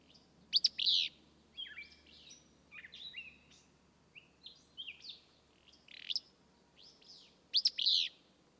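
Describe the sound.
Willow flycatcher repeating its sharp, sneezy burry phrase a few times, with softer slurred notes between, over light background hiss.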